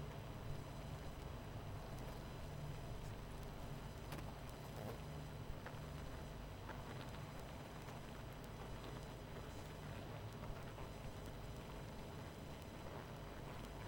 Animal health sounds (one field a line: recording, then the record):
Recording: honeybee colony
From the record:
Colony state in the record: missing queen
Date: 14 July 2017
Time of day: 22:26